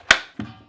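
An M12 battery pack is slid into the back of a Milwaukee Super Sawzall cordless reciprocating saw until it latches. A sharp, bright click sounds at 0.1 s, followed by a much softer, duller knock at 0.4 s. The battery is seated in place.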